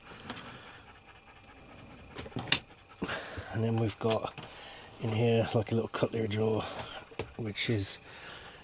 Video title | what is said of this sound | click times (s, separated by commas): You Won't Believe How Far My Sprinter Van Build Has Come! | They click into place. | 2.5 s